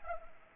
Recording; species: mosquito wingbeat signal from an infrared sensor; Anopheles arabiensis